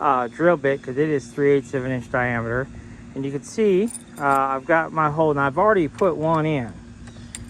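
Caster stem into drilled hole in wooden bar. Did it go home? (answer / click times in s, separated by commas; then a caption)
yes / 7.4 s. A friction grip caster stem is pushed into a 3/8 inch hole drilled with a pocket hole drill bit in a wooden picket bar. Someone talks for most of the clip, then a sharp snap at 7.4 seconds marks the stem seating in the hole. A small lip inside the hole holds it in place.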